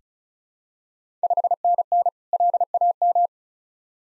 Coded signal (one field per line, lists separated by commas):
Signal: Morse code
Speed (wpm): 36 wpm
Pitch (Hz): 700 Hz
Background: none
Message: 5NN LAM